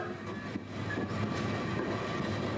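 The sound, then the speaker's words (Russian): A passenger train heading to the capital rumbles steadily through tunnels, a dense low roar with metallic rattling and faint wheel squeals layered over it, filling the whole stretch without any voices. “За прочными окнами поезда несутся стены тоннелей, изредка прерываясь на пейзажи площадей и домов.”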